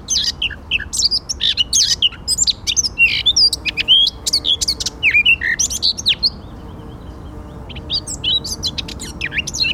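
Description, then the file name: Eurasian blackcap song: dense, hurried scratchy notes woven with bright whistled slurs, fading to softer scattered chirps near the end. "Sylvia atricapilla"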